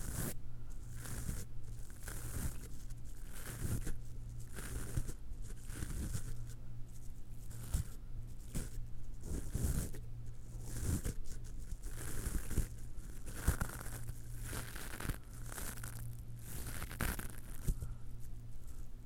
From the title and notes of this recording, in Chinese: 掏耳 ASMR。